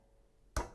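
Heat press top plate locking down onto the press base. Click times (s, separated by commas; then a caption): 0.6 s. A heat press top plate is brought down onto the press base with a little extra pressure on the adjustment thread, locking into place with a feel like a Tupperware box clasp. After near silence, a single sharp click sounds at 0.6 s, then fades quickly. The plate is locked and seated.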